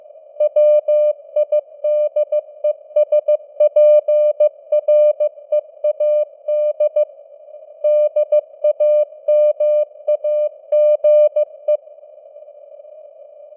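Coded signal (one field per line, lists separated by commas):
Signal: Morse code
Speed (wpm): 15 wpm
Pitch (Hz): 600 Hz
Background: none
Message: WIDESPREAD DAMAGE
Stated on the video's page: Simulated Morse news headlines at 15 wpm with simulated radio noise and fading (QSB).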